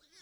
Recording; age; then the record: pig call; piglet (1 to 25 days)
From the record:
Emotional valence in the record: positive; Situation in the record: reunion after long isolation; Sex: male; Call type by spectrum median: high-frequency call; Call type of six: mixed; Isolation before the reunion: 8 minutes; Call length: 0.22 s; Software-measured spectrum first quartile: 2569 Hz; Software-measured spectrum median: 4437 Hz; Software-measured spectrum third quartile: 5865 Hz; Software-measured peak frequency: 5428 Hz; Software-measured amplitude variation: 114 dB a second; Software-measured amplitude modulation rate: 11.3 a second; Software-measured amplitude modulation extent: 10.1 dB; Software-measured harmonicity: 2.5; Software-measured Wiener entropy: -1.21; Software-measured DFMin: 1169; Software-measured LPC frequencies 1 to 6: 1651, 2083, 3472, 4059, 4563, 5377 Hz